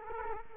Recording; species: mosquito wingbeat signal from an infrared sensor; Culex quinquefasciatus